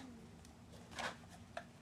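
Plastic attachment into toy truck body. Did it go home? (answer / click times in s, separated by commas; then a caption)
yes / 1.6 s. A plastic part that was not fully on is pushed into the body of a Captain America toy truck, with soft plastic handling and a brief rustle around 1.0 s. A short, sharp snap at 1.6 s marks the part seating fully in place.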